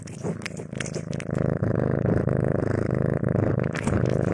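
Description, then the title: Cat purring, a loud continuous low rumble, with clattering and scraping at the start. Cat sounds while eating, sleeping and playing. "正经的猫片：猫咪进食、睡觉、玩耍的声音"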